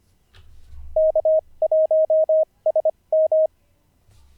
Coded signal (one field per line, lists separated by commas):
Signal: Morse code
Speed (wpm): 25 wpm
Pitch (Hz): 630 Hz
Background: none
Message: K1SM